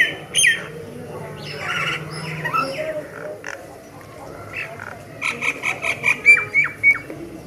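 Myna calls: scattered harsh, ringing notes near the start, then a quick run of several sharp, repeated chattering notes near the end over a steady background hum.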